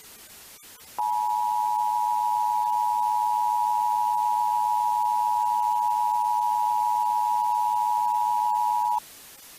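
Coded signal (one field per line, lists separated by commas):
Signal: Emergency Alert System (SAME) tones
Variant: 853 and 960 Hz attention tone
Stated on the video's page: Fictional EAS scenario.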